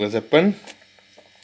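On a Kawasaki Vulcan 1600 Mean Streak, the motorcycle's rear drive shaft is pushed up onto the tapered final drive bevel gear, with its hole lined up to the pin. Someone talks over the first part, followed by faint handling sounds and a small tick at the end. The shaft is handled but not yet home; nothing has seated or clicked yet.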